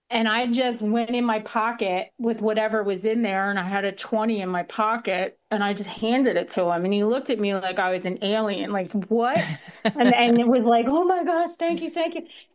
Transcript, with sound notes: And I just went in my pocket with whatever was in there, and I had a 20 in my pocket, and I just handed it to him, and he looked at me like I was an alien. Like, "What?"
(laughs)
And then was like, "Oh, my gosh, thank you, thank you."